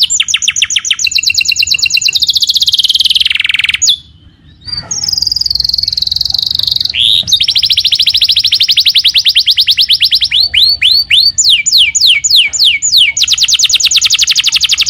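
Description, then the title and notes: Canary song with long fast trills, a sharp break, a sustained high whistle, then rolling trills and repeated sweeping notes. Young canary; long-duration training song used for song tutoring. "Pancingan Kenari Muda Durasi Panjang. masteran kenari"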